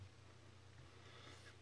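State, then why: Not seated. A coil wire lead is set into a post on an SXK rebuildable atomizer (RDA) and a small grub screw is tightened to clamp it, but the screw misses and the wire is not caught. Only a low steady hum and faint background noise are heard, and nothing has seated or clicked yet.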